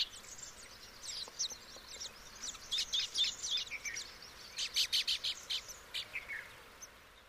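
Baya weaver chirps, quick sharp high notes repeated in busy bursts that grow louder in the middle and fade toward the end.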